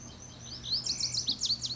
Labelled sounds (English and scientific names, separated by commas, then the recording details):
Lazuli Bunting (Passerina amoena)
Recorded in Sonoma County, California